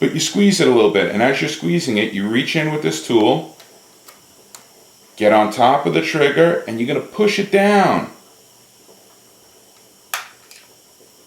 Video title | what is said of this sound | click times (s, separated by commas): Ghost Evo Elite Kit Installation for Glock | heard a click | 10.1 s